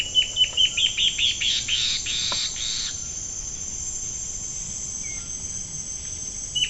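Bird utters an accelerating series of high, clipped notes for about three seconds, then near silence with a faint hiss and a couple of faint notes.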